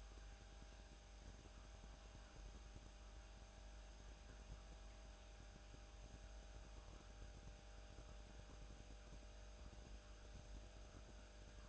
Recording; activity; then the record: daily activity, microphone in the room; make coffee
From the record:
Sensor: 2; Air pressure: 1007.2 hPa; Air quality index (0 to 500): 41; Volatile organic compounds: 1 ppm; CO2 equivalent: 542 ppm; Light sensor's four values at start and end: 6/14/6/6 and 6/15/6/6